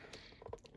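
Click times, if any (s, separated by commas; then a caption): 0.5 s, 0.7 s. A plastic wheel is pushed onto its axle on an Airfix Quick Build Volkswagen Beetle J6015 snap-together model car kit, a very tight fit. Faint handling and scraping lead to sharp plastic pops at about 0.5 s and 0.7 s as the wheel snaps into place on the axle, fully seated.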